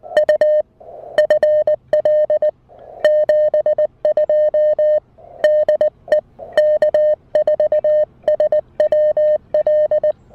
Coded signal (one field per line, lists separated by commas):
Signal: Morse code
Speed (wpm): 19 wpm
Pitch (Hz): 590 Hz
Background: music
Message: U FL 72 DE K4SWL